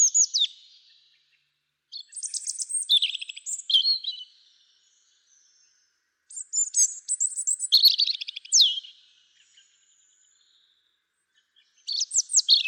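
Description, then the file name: European robin singing in short bursts of high, thin, varied twittering and trilled phrases, separated by pauses of a few seconds, with a quiet background. "Erithacus rubecula"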